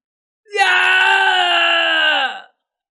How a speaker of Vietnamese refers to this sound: Ở trong trời đêm không ngừng rít gào muốn dập tắt ngọn lửa ở trên người. Loại rống đau này nát ruột xé lồng, rất nhiều tu sĩ đều không chịu nổi, bị chấn ngất đi, ngửa mặt lên trời ngã xuống đất.